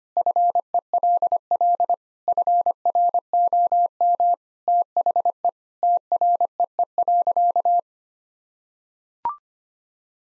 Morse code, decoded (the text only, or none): FELL FROM THE TREE.